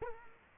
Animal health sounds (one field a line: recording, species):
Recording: mosquito wingbeat signal from an infrared sensor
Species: Culex quinquefasciatus